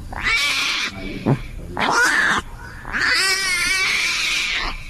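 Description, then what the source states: Bengal tiger cub crying: three loud, wavering, harmonic squalls, the last one drawn out, separated by short pauses. Ten-day-old Bengal tiger cub, very hungry; recording played on radio.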